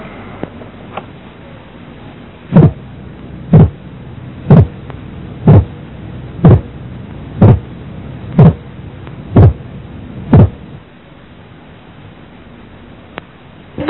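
Simulated adult heart sounds: regular low thumps at about 62 beats a minute, nine beats in all, followed by a brief noise at the end. The second heart sound is split by 0.06 seconds (6/100 of a second), a teaching example of a split S2.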